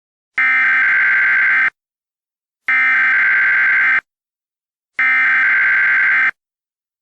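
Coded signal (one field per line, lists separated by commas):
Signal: Emergency Alert System (SAME) tones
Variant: header bursts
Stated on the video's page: Fictional EAS scenario, third part of a series.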